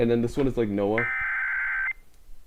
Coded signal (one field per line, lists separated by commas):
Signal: Emergency Alert System (SAME) tones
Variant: header bursts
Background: speech